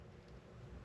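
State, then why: Not seated. A crimped terminal pin is handled at the back of a plastic OBD connector housing, with only a steady low rumble and broadband background noise heard. Nothing has seated or clicked yet.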